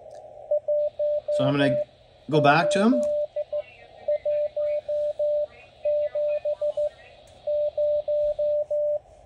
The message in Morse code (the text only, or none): 18170